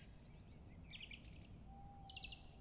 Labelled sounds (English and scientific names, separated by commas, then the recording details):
Tawny Owl (Strix aluco)
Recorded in Germany
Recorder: ecoPi